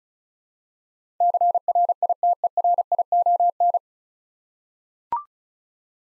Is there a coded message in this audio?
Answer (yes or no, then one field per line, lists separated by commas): yes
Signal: Morse code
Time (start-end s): 1.2-3.8 s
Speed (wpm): 36 wpm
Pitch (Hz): 700 Hz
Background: none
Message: CRITERION